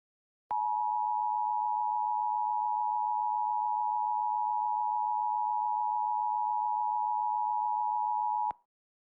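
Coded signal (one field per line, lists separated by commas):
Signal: Emergency Alert System (SAME) tones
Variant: 853 and 960 Hz attention tone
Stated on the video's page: Fictional EAS scenario, not a real alert.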